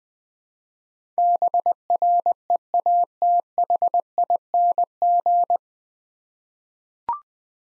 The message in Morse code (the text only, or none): BREATHING